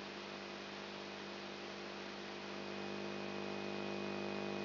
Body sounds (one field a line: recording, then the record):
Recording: brain microelectrode recording played as sound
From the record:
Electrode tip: outside the subthalamic nucleus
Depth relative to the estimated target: 2 mm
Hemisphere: right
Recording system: AlphaMap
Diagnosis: Parkinson's disease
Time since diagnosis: 7 years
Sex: female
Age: 55 years